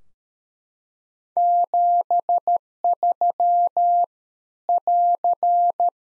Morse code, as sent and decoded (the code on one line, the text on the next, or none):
--... ...-- / .-.-.
73 <AR>